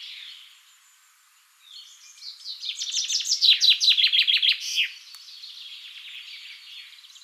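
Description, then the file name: Common chaffinch song: a bright series of descending trilled notes building in loudness, ending in a short flourish. "Fringilla coelebs"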